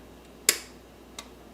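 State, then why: Released. A security lock slide switch on the underside of an electronic weighing scale is pushed over for calibration and snaps with a sharp, bright click at 0.5 s into the unlocked position; the scale only unlocks once that click is heard. A fainter tick follows at 1.2 s against a quiet background.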